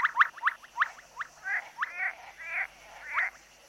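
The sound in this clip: Amphibian calls: quick sharp chirps at first, then slower, rougher, rattling croaks.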